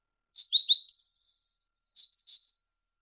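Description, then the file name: Great tit song: two short phrases of three or four high, clear whistled notes, separated by a pause of about one second. Masteran recording, used as training audio to teach songbirds. "suara masteran great tit"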